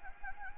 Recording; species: mosquito wingbeat signal from an infrared sensor; Anopheles gambiae